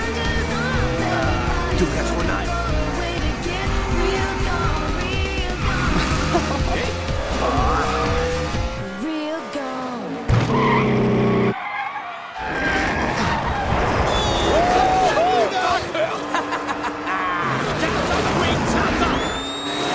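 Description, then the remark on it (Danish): Race cars roar and skid with screeching tires and crashing impacts in a mass pileup behind the leaders during a Piston Cup race, a loud, dense, continuous din with a brief lull near the middle before the noisy racing surges back, voices mixed in. “En masse sammenstød bag de førende.”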